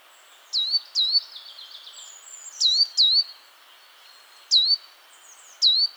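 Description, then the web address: Great tit calls: sharp downward-sweeping notes that level into a short whistle, given singly and in pairs about six times, with fainter high notes between. "SETE data Parus major"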